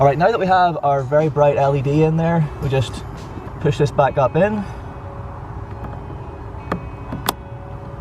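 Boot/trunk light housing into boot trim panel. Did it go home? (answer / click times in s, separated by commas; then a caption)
yes / 6.7 s, 7.3 s. Someone talks while the boot/trunk light housing, now fitted with a very bright Autobeam Performance LED bulb, is pushed back up into the plastic boot trim panel of a Focus RS. Two sharp clicks at 6.7 s and 7.3 s mark the housing snapping into place, completing the install.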